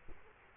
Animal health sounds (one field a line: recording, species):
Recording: mosquito wingbeat signal from an infrared sensor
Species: Culex quinquefasciatus